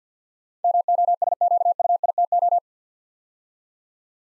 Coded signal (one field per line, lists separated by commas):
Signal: Morse code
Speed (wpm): 50 wpm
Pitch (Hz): 700 Hz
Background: none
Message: MOSQUITO